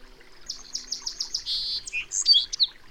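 Bird song: a series of repeated high notes leading into a buzzy trill and ending with quick varied chirps, over soft background noise.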